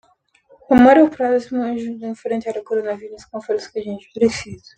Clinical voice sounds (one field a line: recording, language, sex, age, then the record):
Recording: spoken sentence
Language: Brazilian Portuguese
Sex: female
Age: 20 to 29 years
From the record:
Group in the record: control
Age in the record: 27 years